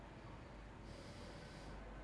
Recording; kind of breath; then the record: one breath in and out by a microphone near the nose and mouth; normal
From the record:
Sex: male